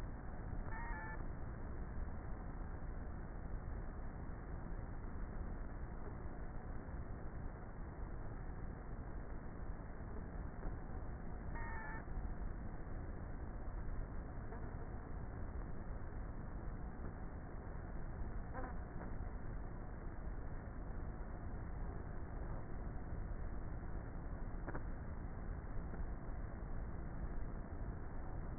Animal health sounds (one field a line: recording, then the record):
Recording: honeybee colony, microphone inside the hive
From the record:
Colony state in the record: queenless with a low population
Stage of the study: before two queens were removed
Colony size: about 30,000 bees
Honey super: no